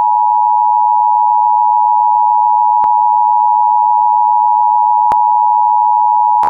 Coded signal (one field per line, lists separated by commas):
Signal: Emergency Alert System (SAME) tones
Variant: 853 and 960 Hz attention tone